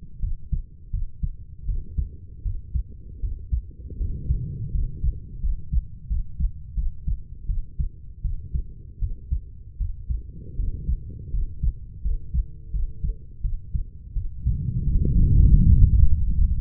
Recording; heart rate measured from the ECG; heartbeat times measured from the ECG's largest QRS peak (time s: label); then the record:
heart sounds by stethoscope; 83 bpm
0.20 s: heartbeat
0.91 s: heartbeat
1.66 s: heartbeat
2.43 s: heartbeat
3.20 s: heartbeat
3.98 s: heartbeat
4.72 s: heartbeat
5.41 s: heartbeat
6.08 s: heartbeat
6.75 s: heartbeat
7.47 s: heartbeat
8.22 s: heartbeat
8.99 s: heartbeat
9.78 s: heartbeat
10.56 s: heartbeat
11.31 s: heartbeat
12.02 s: heartbeat
12.71 s: heartbeat
13.42 s: heartbeat
14.13 s: heartbeat
14.85 s: heartbeat
15.49 s: heartbeat
16.11 s: heartbeat
From the record:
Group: healthy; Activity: rest 0-12 s, Valsalva maneuver 12-17 s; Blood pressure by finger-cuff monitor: 126/54 mmHg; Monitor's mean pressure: 75 mmHg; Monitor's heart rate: 83 bpm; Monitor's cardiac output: 9.1 L/min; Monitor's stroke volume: 111 mL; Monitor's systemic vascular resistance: 580 dyn s/cm5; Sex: female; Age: 32 years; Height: 168 cm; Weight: 61.9 kg